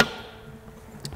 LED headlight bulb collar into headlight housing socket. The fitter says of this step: locks in place you can reconnect your wiring and reinstall your headlight now